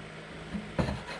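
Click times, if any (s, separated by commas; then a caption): 0.8 s. A threaded locking nut on the rudder stock bearing of a Hallberg Rassy 54 is turned to the left while the rudder is being reinstalled. After a quiet stretch of faint handling noise, a soft, short click sounds at 0.8 s, followed by a few light rattles. The nut has seated in its locking position.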